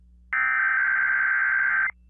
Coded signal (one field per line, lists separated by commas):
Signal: Emergency Alert System (SAME) tones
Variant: header bursts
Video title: Required Weekly Test On KDKA 1020-AM 1/2/22 (EAS #1011)